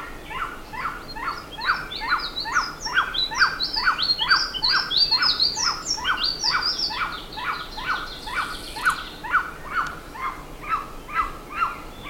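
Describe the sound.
Bird repeating short clipped notes about twice a second, with high, rapid chirping above.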